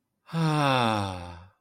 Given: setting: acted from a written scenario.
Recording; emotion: vocal sound without words; ecstasy